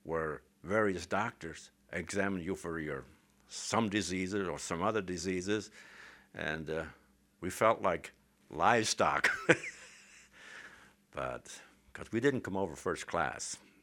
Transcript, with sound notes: where various doctors examined you for some diseases or some other diseases, and we felt like livestock. ( he laughs ) But, because we didn't come over first class.